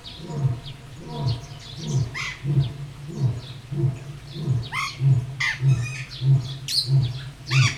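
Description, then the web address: Lion roaring: a series of deep, low grunting pulses repeated a little under twice a second, with squawking and chirping birds over the top. Captive lion roaring at a zoo in Jászberény, recorded in 2016. "jaszberenyizoo 2016 professzionalis madarak hangulat oroszlanbombolesis"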